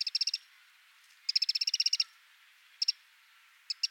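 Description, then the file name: Eurasian wren calling with fast, harsh ticking rattles, a short burst, a longer one, then two brief clusters of ticks. "Troglodytes troglodytes"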